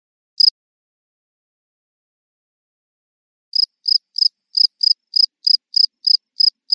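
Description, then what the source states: Cricket giving one lone high chirp, then silence for about three seconds, before settling into a regular train of quick chirps about three per second. A single chirp and constant chirping.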